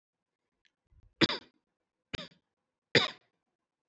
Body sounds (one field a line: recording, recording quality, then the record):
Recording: shallow voluntary cough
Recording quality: excellent, no background noise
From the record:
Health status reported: healthy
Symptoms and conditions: diabetes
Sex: male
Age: 39 years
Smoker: not ticked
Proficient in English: yes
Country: India